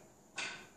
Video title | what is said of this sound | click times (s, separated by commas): Coffee Table, Type 1 - Secret Compartment- Assembly Video | And now you'll know that it's unlocked. | 0.4 s